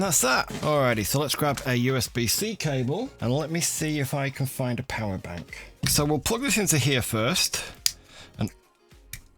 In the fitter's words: that's a satisfying snap.